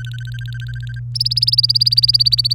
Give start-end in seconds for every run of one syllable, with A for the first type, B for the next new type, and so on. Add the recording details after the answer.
0.00-1.00 A, 1.15-2.53 B. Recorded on 24 April 2018 at 18:07. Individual llb3